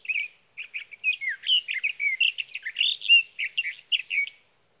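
Sage thrasher singing a rapid jumble of sweet warbled notes and slurs, phrases tumbling together for over four seconds in a quiet background.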